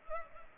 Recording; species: mosquito wingbeat signal from an infrared sensor; Culex pipiens